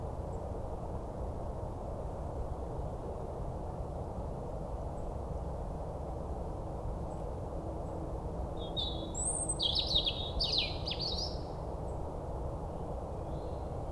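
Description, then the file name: European robin with a short burst of high, thin warbling notes in the latter half, first silence then the phrase, over persistent low rumble. "Erithacus rubecula"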